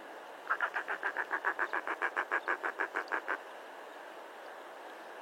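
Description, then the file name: Firewood-gatherer song: a single run of many harsh, evenly paced notes lasting nearly three seconds, then near silence. "Canto do cochicho"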